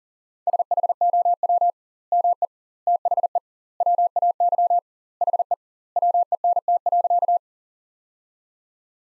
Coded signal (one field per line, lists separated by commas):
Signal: Morse code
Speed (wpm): 40 wpm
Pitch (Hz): 700 Hz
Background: none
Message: SHOW ME THE WAY HE WENT.